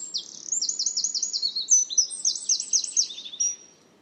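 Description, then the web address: Bird song with dense high-pitched trills, sliding note series tumbling and overlapping for nearly four seconds before fading, with faint low background noise. "cianscape birddata Deverinetal 2025"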